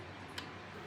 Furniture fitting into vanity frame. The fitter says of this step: Then it just locks in place.